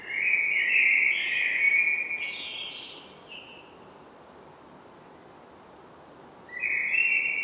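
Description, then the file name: Common blackbird delivering a rich, mellow warbled phrase that rises toward a brief higher note, a long pause, then the start of another phrase. "Turdus merula"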